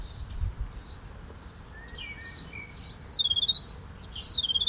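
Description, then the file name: Eurasian blue tit gives a few soft high notes, then a rapid series of bright, down-sweeping calls in the final two seconds, over a faint low hiss. "Cyanistes caeruleus"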